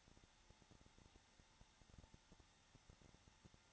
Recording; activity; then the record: daily activity, microphone in the room; no activity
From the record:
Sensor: 3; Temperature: 21.3 degrees Celsius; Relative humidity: 33.3%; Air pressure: 994.5 hPa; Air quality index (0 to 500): 168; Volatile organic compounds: 3 ppm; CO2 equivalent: 1460 ppm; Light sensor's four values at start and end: 2/3/2/2 and 2/3/2/2